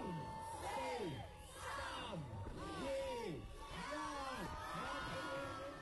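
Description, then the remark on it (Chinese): A huge crowd of over 300,000 residents and tourists at Victoria Harbour, Hong Kong, cheers and whoops at full volume at the 2018 New Year countdown as fireworks launch, countless overlapping voices rising and falling in long shouts, forming a steady, dense roar that never lets up. “伴随着震耳欲聋的欢呼声，绚烂的烟花腾空而起，把整个跨年活动推向高潮。”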